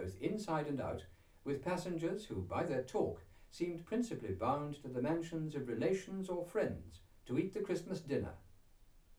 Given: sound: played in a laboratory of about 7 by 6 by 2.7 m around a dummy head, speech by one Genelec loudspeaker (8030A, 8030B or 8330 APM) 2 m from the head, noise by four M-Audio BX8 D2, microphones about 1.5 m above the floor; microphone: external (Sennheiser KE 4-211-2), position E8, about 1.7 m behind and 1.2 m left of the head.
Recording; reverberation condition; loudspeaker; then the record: male speech in English; low; 30 degrees to the left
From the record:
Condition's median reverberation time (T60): about 310 ms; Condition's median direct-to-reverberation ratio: about 3.5 dB